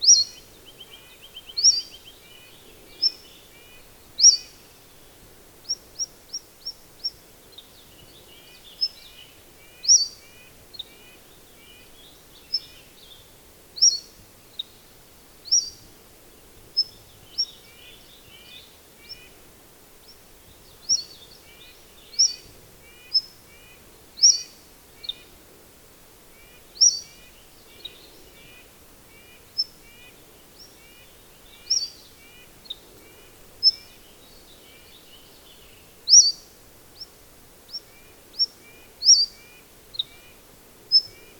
Cordilleran Flycatcher song recorded on the Gem Lake Trail in Rocky Mountain National Park.